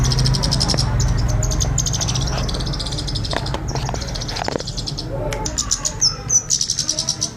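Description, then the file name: Scarlet-headed flowerpecker song: thin, high, rapidly repeated ticking notes in short bursts over a steady low rumble of background noise. On Java. "burung cabai jawa cabean"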